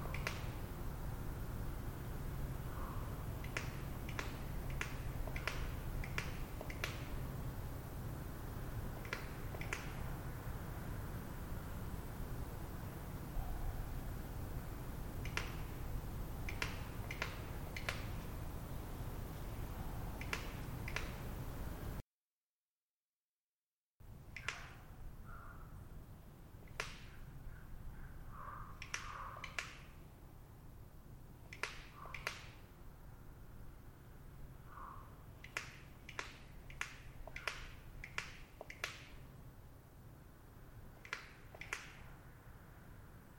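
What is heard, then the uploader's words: A raven makes bursts of sharp, knocking clicks in quick clusters over a steady low rumble, with a brief silent break around twenty-two seconds. Listening back, however, it’s clear this is an internally-created sound from a raven. The recording’s a bit noisy because of distance, so I’ve included a noise-reduced version immediately after that enhances the details, but loses some of the beautiful reverb of the trees. Raven Doing I Dont Know What.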